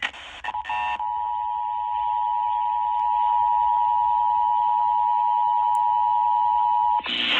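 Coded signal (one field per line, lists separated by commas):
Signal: Emergency Alert System (SAME) tones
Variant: 853 and 960 Hz attention tone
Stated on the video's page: Tornado drill alert received on NOAA Weather Radio transmitters at 162.500 and 162.525 MHz on various weather radios, plus relayed by FM broadcast stations.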